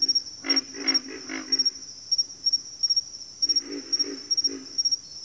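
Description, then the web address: Pig frog grunts, low pig-like croaks in quick clusters of three or four, over a steady high shrill insect chorus. Several pig frogs calling in a bayou. "Echoes of Nature - Bayou Pig Frogs"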